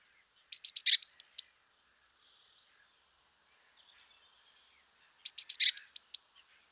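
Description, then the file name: Eurasian blue tit uttering two high phrases nearly five seconds apart: rapid sharp notes, then short downward-slurred whistles; otherwise quiet. "Cyanistes caeruleus"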